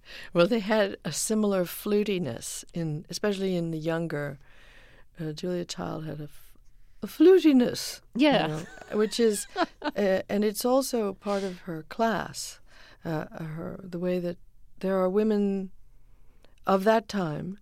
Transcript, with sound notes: Well, they had a similar flutiness in - especially in the younger - Julia Child had a flutiness, you know?
Yeah (laughter).
Which is - and it's also part of her class, the way that there are women of that time